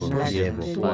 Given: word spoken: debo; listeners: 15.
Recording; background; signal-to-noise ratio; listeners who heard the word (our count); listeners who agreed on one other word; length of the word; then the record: one Spanish word in noise, from a listening test; four-talker babble; -1.8 dB; 0 of 15; 6 of 15; 0.54 s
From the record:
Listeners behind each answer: 6, 1, 1, 1, 1, 1, 1, 1, 1, 1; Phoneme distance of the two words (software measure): 10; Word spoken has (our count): 2 syllables, 4 phonemes, stress on syllable 1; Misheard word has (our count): 2 syllables, 4 phonemes, stress on syllable 1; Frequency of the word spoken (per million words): 36.53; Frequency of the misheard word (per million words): 18.66